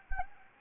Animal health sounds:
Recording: mosquito wingbeat signal from an infrared sensor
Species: Anopheles gambiae

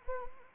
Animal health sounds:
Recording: mosquito wingbeat signal from an infrared sensor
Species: Anopheles arabiensis

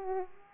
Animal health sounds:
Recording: mosquito wingbeat signal from an infrared sensor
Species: Aedes aegypti

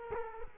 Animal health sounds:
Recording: mosquito wingbeat signal from an infrared sensor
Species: Culex quinquefasciatus

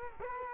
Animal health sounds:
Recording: mosquito wingbeat signal from an infrared sensor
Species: Culex quinquefasciatus

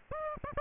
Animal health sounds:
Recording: mosquito wingbeat signal from an infrared sensor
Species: Aedes aegypti

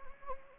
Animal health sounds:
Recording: mosquito wingbeat signal from an infrared sensor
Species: Anopheles gambiae

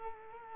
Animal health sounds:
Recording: mosquito wingbeat signal from an infrared sensor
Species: Culex quinquefasciatus

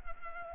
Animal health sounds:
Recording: mosquito wingbeat signal from an infrared sensor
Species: Culex pipiens

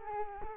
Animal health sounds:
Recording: mosquito wingbeat signal from an infrared sensor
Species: Culex quinquefasciatus

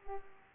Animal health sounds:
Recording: mosquito wingbeat signal from an infrared sensor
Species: Culex pipiens

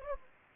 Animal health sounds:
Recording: mosquito wingbeat signal from an infrared sensor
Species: Anopheles gambiae

